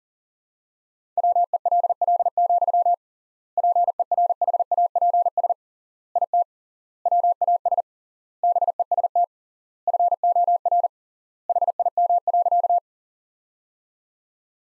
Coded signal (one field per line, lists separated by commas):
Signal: Morse code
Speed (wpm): 40 wpm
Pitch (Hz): 700 Hz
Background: none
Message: WELL, PERHAPS IT WAS BEST FOR HIM.